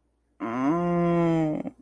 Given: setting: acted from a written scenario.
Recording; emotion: vocal sound without words; shame